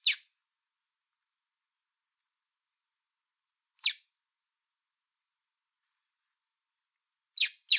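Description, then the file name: Common blackbird giving sharp, high, downslurred chips spaced several seconds apart, ending with a quick pair. "Turdus merula"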